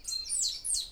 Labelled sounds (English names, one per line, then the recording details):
Stitchbird song
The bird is a male
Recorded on Tiritiri Matangi Island, New Zealand, in 2005
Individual 10, of nest box 12